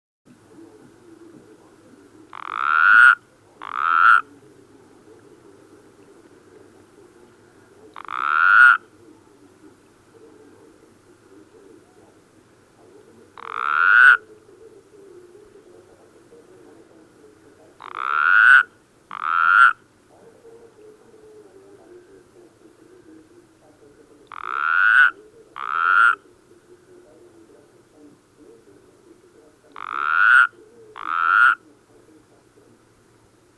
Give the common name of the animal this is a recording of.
Mongolian Toad